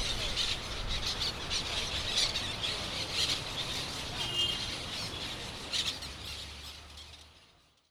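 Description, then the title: Parrot flock chorus of shrill squawks and chatter, many birds calling at once, fading out toward the end over a low background hum. Parrots in Crespo at sunset. "Loros En Crespo"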